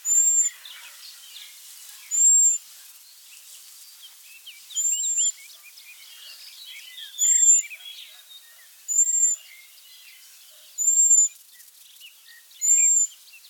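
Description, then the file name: European robin giving long, thin, very high whistled notes, each drawn out and slightly arched, repeated about every two seconds, with soft twittering behind. "Erithacus rubecula"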